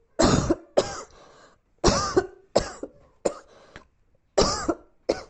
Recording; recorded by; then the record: voluntary cough; messaging app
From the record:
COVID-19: negative